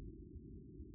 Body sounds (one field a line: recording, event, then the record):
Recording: neck accelerometer signal played as sound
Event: no cough (speech, laughter, throat clearing or background)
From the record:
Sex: male